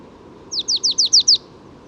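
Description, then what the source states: Marsh Tit song: a short rattle of six high, sharply descending notes delivered quickly and evenly. Spring morning; third marsh tit heard that morning; resident birds, well fed at feeders, sing as soon as mild weather arrives.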